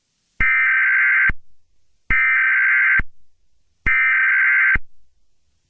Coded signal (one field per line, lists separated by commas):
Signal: Emergency Alert System (SAME) tones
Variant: header bursts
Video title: EAS Scenario #5: Frostbite